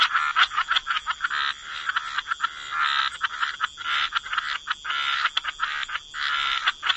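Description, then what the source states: Rapid raspy frog croaks alternating with longer drawn-out rattling calls, several frogs overlapping in uneven bursts. Frog chorus.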